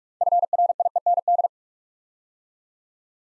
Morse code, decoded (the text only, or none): FRIEND